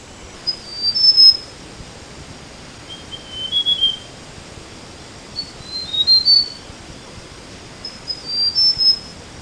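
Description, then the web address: Mountain tailorbird song, short, high, thin whistled phrases with quick jumping notes, given about every two to three seconds, four phrases over a quiet background. Tropical Asia. "Birdsongs Site Tropical Asia"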